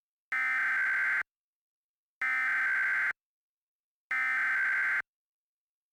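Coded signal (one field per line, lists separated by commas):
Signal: Emergency Alert System (SAME) tones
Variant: header bursts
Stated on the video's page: Mock EAS alert, a fan-made simulation rather than a real broadcast.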